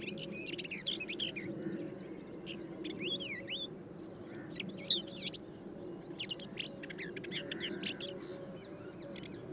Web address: sand white throated warbler call